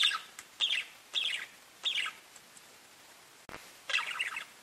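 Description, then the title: Budgerigar calls: four short harsh chirps, a sharp click, then a final burst of chatter. "Budgie Sounds"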